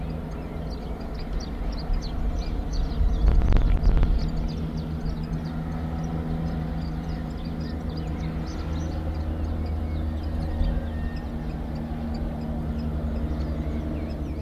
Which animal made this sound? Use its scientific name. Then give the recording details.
Phylloscopus canariensis. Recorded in the wild. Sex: male. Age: adult. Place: Bonanischer Garten über Puerto de la Cruz, Teneriffa, Teneriffa, Kanarische Inseln, ES. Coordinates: 28.4117, -16.5358. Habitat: park. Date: 1964-04-27 15:20. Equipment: Nagra III PH, LGS26. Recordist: Sapper. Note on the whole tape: Botanischer Garten über Puerto de la Cruz; bei der Villa "Los Pasos". Phylloscopus collybita canariensis (alte Bezeichnung, inzwischen eigene Art). Rivalengesänge mit Beschleunigungen. Auch Aufnahmen vom 28. April um 6 Uhr